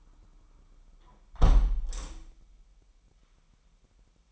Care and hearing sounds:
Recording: daily activity, microphone in the room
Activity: close window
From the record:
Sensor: 1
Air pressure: 998.5 hPa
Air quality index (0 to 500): 126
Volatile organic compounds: 3 ppm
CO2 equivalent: 1512 ppm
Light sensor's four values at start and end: 8/19/8/9 and 8/19/7/9

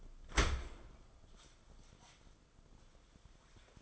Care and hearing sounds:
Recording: daily activity, microphone in the room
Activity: open dishwasher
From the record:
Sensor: 5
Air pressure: 994.5 hPa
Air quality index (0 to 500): 195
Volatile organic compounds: 1000 ppm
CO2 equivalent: 5769 ppm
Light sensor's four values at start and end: 47/140/55/61 and 47/139/55/60

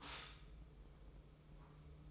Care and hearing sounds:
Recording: daily activity, microphone in the room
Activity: stop toaster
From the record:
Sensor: 1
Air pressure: 995.3 hPa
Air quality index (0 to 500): 25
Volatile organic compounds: 0 ppm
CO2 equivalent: 501 ppm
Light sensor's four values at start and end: 17/58/21/23 and 17/58/21/23

